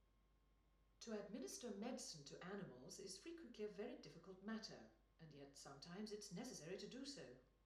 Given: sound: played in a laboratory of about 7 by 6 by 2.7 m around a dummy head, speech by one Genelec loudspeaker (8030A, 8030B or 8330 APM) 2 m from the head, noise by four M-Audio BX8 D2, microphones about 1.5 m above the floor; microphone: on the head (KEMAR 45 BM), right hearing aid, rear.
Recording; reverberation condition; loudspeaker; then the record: female speech in English; medium; 120 degrees to the right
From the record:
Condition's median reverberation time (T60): about 510 ms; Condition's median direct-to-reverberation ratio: about -0.5 dB